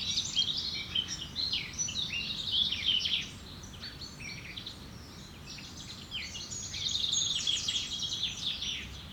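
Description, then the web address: Several birds singing, high chattering and trilled phrases in busy overlapping bursts, quieter in the middle, with low background noise throughout. Woodland setting. "Effects 02-Birds, Insects Animals. Birds woodland"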